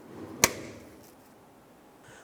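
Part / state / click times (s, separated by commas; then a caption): plastic retaining clip into upper cowl panel and metal cowl / seated / 0.4 s. A plastic push retaining clip is pressed through the upper plastic cowl panel into the metal cowl below on a 2007-2012 Nissan Versa, locking the two cowls together. A single sharp snap sounds at 0.4 s over quiet background noise, and the clip is seated.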